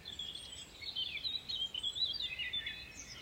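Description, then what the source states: Birdsong chorus of busy high warbling and twittering phrases, several birds overlapping without pause. Birdsong recorded in the Ardèche at 6 a.m.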